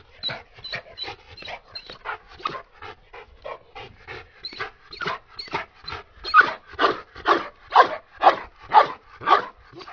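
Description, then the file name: Dog panting in quick, breathy huffs about two per second, growing louder and more forceful toward the end. "Sedaye Nafas Zadane Sag"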